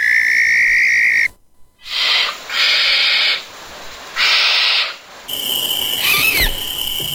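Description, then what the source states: Barn owl screeches: three harsh, hissing bursts of about half a second to a second each, after a steady whistle-like tone and followed by a held tone with sweeping sounds. Played on the radio as an example of its song.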